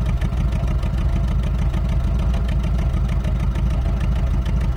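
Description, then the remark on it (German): A taxi engine runs steadily during a ride, with a low, throbbing rumble and fast rhythmic pulsing, holding an even loudness throughout with no voices. “Im Taxi auf der Fahrt zu Paolo.”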